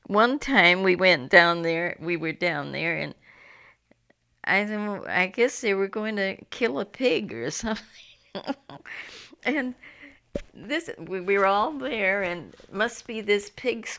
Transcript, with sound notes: One time we went down there, we were down there and I don't know, I guess, they were going to kill a pig (she laughs) or something and this, we were all there, must be this pig.